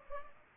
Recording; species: mosquito wingbeat signal from an infrared sensor; Culex pipiens